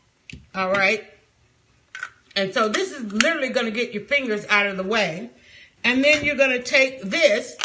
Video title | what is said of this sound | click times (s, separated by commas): Spiralizer Demo - From Gadget to Gourmet | Locks in place. | 0.3 s